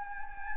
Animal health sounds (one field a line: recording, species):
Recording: mosquito wingbeat signal from an infrared sensor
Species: Anopheles gambiae